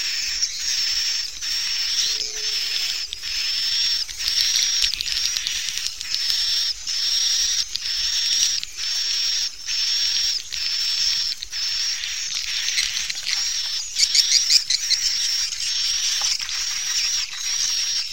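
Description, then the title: Swiftlet calls, high buzzy chirps pulsing in regular short bursts, with a rapid chattering flurry late on. Swiftlet farming sound, Asia. "Swiflet Bird Sound"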